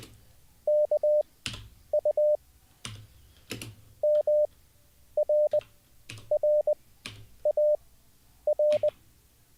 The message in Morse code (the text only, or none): KU MRRAR